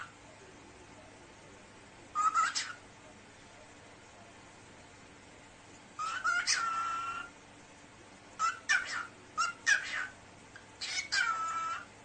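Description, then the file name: Cockatiel calling in scattered phrases: a short rasp, a longer whistled call, then a tight cluster of scratchy chirps and a closing whistle. Cockatiel talking. "صدای-عروس-هلندی-حرف-زدن-عروس-هلندی"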